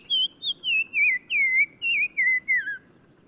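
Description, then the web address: Black-crowned tchagra song: a descending series of several rapid, slurred whistled notes. Recorded in Morocco. "Black-crowned Tchagra. new sound approach title morocco"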